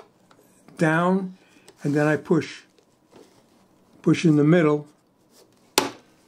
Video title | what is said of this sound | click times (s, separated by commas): Brother PE900. Getting started with your new machine | hear that click? All right, that's locked in. | 5.8 s